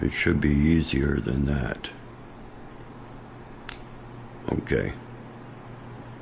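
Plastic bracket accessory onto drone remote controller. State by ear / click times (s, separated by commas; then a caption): seated / 3.7 s. Someone talks, then after a retry a plastic bracket accessory snaps onto a DJI RC 2 drone remote controller with one sharp click at 3.7 seconds. The bracket is seated, and someone talks again briefly.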